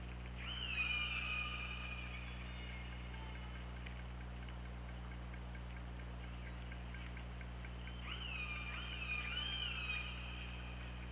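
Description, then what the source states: Killer whale, two bouts of harmonic pulsed calls at the start and near the end, with rapid clicks in between and a continuous low hum. OrcaLab hydrophone recording, 24 August 2017, 23:32:49.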